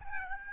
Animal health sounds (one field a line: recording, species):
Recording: mosquito wingbeat signal from an infrared sensor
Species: Aedes albopictus